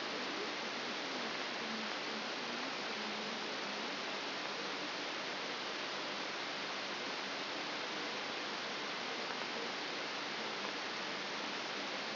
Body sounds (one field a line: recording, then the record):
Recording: brain microelectrode recording played as sound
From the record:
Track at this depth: inside the subthalamic nucleus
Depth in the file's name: 0.007 mm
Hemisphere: left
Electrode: 3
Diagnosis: Parkinson's disease